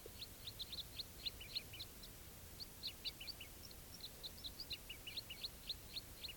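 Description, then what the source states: Crossbill flight calls, many quick high chips overlapping from a flock, coming in bursts with brief gaps, over a low hiss. Type 4 crossbills, wild flock flying over from one grove to another without stopping; quite a few birds present.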